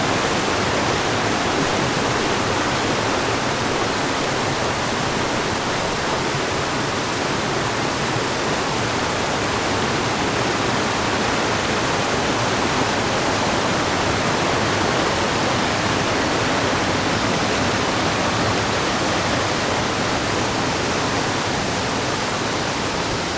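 A waterfall roars steadily from close above, a dense, unbroken rush filling lows through highs, with no distinct events across the whole recording.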